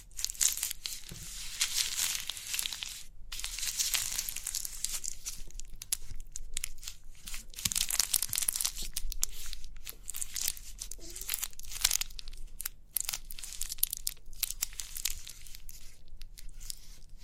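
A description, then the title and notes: Crinkly pimple popping sounds as a steady, dense run of bright crackling and crumpling, broken by brief pauses and sharp ticks throughout. Crinkly Pimple Popping.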